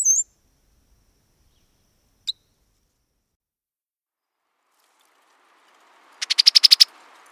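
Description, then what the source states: Brown-headed Cowbird rattle: a few scattered high chips, then a quick, rolling rattle of several dry, harsh notes near the end. A few different sounds including the rolling rattle, which one study suggests may help a cowbird recognize itself as a cowbird.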